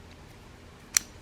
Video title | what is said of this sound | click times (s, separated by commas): Lowes Kobalt Speed fit Set Shank Screwdriver Bit Set unboxing and review quick change / lock | we'll take the quick set pops right in | 1.0 s